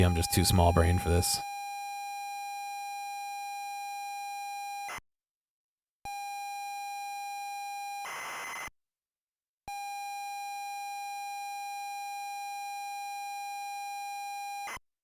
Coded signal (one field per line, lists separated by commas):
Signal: ZX Spectrum tape loading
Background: speech